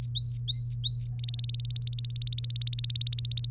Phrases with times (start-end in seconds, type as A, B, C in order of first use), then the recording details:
0.00-1.08 A, 1.20-3.47 B. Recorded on 3 May 2018 at 11:48. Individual llb3